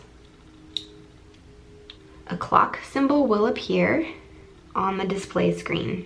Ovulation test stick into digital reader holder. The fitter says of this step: you want to line up the arrows so the arrow on this should line up with the arrow insert it until it clicks